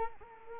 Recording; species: mosquito wingbeat signal from an infrared sensor; Culex quinquefasciatus